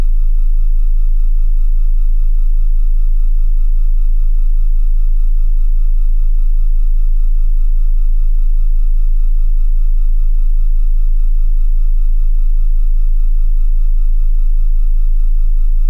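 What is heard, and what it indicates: A steady, unbroken low-pitched hum holds at the same loudness for about sixteen seconds, with no pauses or changes. It is a simulated tinnitus sound, imitating the constant humming or ringing a person hears without any outside source.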